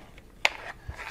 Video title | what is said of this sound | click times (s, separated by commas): PIMP Your Mora! - Make ANY Mora "Mora" Awesome with a 3D Printer! | you can add a ferro rod to your ken's bowl pops right in there | 0.4 s